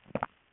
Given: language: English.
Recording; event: throat vibration sensor signal played as sound; swallow